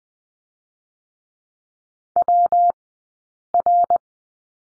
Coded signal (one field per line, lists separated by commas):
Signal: Morse code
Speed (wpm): 20 wpm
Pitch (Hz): 700 Hz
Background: none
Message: WR